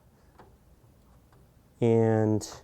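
A graphics card is lined up with the PCIe slot on a motherboard before being pushed home. Faint handling ticks come at about 0.4 s and 1.3 s, then near the end someone talks briefly. Nothing has seated or clicked yet.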